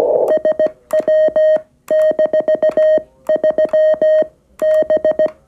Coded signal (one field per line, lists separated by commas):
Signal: Morse code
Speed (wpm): 16 wpm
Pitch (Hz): 620 Hz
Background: none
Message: SW-3B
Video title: QRP CW Ramadhan 2024 dengan radio mungil SW-3B